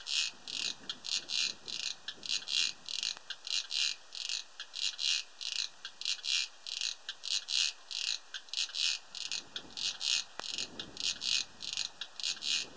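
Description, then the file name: Cricket chirping in a steady stream of short, high, buzzy pulses. Recorded 31 August 2007; audio filtered. "Gropper Cricket"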